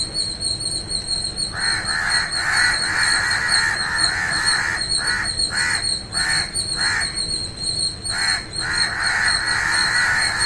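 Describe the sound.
Bird calls: after a quiet opening, hoarse caws come in rapid bursts and clusters, over steady high-pitched background noise.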